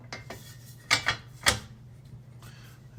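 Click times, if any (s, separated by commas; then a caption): 0.9 s. A steering column for a die-cast/plastic Fanhome 1966 Batmobile model kit is positioned above the other parts and pressed into the dashboard/chassis assembly. After light handling taps, it snaps home with a sharp click at 0.9 s, followed by further clicks at 1.1 s and 1.5 s. The steering column is seated in place.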